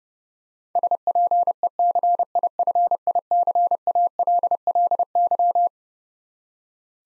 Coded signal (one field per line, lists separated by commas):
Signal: Morse code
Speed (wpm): 30 wpm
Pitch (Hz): 700 Hz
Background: none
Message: SPECIFICALLY